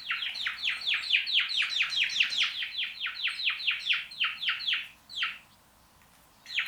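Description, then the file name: House sparrow giving rapid, repeated harsh chirps for about five seconds, then a pause and a last chirp or two near the end. "Passer domesticus"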